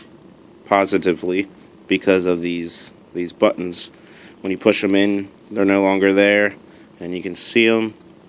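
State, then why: Not seated. Someone talks while handling the folding holster grip of a North American Arms mini .22 magnum revolver, whose two metal lock buttons spring out and snap into place to lock the grip open. Speech fills the clip over a quiet background. Nothing has seated or clicked yet.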